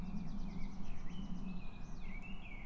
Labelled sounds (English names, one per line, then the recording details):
Common Blackbird
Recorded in Germany
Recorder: ecoPi